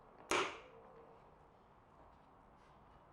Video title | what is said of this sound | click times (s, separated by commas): How to assemble the PXC 2x18V Telescopic Lawn Mower Kit [PXLMTK-4182] - Ozito Quick Tips | now give it a gentle push until you hear the click noise | 0.3 s